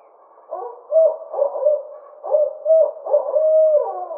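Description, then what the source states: Barred owl giving a rhythmic run of low hoots after a brief quiet start, finishing with a long, sliding hoot that drops at the end. Recorded 24 May 2009.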